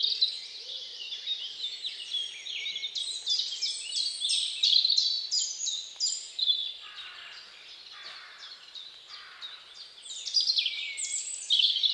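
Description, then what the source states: Birds in full chorus, fast strings of high sliding chirps that rise and fall in loudness. Birds singing at dawn.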